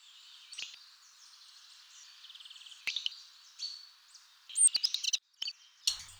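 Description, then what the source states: Bird song: high, thin chirps and rapid trills, partly buzzy, broken by sharp clicks and short pauses. Isolated song unit.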